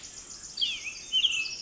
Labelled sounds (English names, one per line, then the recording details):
Pacific Wren
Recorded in Sonoma County, California